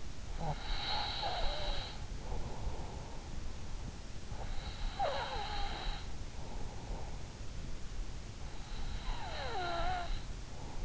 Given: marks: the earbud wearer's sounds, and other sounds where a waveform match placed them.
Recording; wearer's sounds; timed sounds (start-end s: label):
sounds in sleep by an in-ear microphone; breath
0.00-2.68 s: breath
4.06-6.68 s: breath
8.51-10.85 s: breath